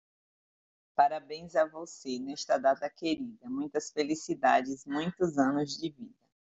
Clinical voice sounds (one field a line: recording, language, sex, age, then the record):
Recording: short text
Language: Brazilian Portuguese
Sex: female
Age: 50 to 59 years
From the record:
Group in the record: control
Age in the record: 55 years